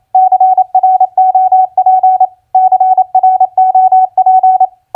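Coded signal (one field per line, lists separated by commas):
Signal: Morse code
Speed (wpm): 28 wpm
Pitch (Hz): 750 Hz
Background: none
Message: CROP CROP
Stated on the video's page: Morse practice of common four-letter word recognition played at 28 wpm.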